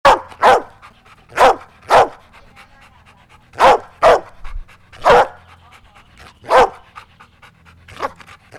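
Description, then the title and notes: Dog giving several sharp barks, often in quick pairs, spaced unevenly, with faint low background hum. Tied-up dog barking in the city of La Plata. "Perro Atado Ladrando. Mapa Sonoro Ciudad de La Plata"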